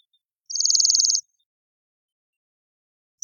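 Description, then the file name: Bohemian waxwing giving one high, buzzy ringing trill of fast pulses, followed by quiet and the start of another trill at the very end. "Bombycilla garrulus"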